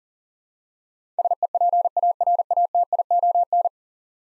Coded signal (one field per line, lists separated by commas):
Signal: Morse code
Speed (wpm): 40 wpm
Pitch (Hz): 700 Hz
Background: none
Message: SEPARATION